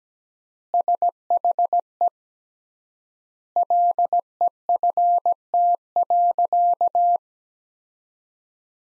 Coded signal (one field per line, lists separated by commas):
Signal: Morse code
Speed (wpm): 17 wpm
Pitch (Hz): 700 Hz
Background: none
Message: SHE LEFT.